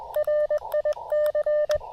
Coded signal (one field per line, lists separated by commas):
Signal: Morse code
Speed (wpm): 21 wpm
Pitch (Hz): 600 Hz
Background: none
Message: RIC